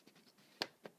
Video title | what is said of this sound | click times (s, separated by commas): Vivienne Westwood SWATCH ORB reveal | there it locks into position and that's how you know | 0.6 s